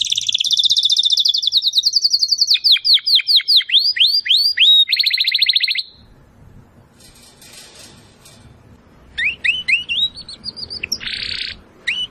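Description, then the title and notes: Domestic canary delivering long rolling trills and repeated swooping whistles for six seconds, a pause with faint noise, then more rising trilled phrases. Belgian canary singing; labelled "Campainha". "Canário Belga Campainha Canary Singing. Canario Belga Cantando"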